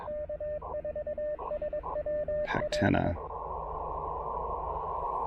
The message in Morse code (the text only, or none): K4SWL